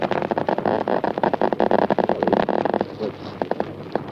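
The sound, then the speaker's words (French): A radiation detector crackles with rapid, irregular clicks over a steady background hiss as its probe meets a plate of radioactive silver, dense and loud at first, then thinning to scattered sharp ticks toward the end as the engineer withdraws the plate. “J'espère pouvoir vous faire entendre le bruit de l'émission de cet argent rendu radioactif.”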